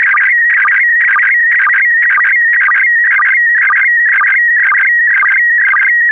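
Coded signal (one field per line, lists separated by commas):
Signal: SSTV (slow-scan television)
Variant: PD120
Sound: continuous warbling, chirping tone with a steady rhythmic tick about twice a second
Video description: When ready, un-pause this video and start to decode * this is a 2 minutes test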